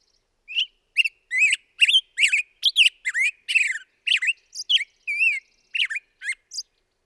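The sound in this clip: Black-headed grosbeak singing a fast, varied string of warbled whistles, some buzzy, others sweet and slurred, roughly two notes per second over a silent background.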